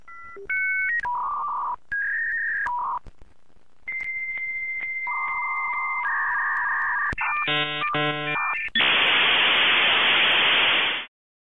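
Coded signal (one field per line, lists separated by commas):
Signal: dial-up modem handshake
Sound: dialing tones, a long high answer tone, warbling bursts, then loud hissing static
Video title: Dial Up Internet Sound Effect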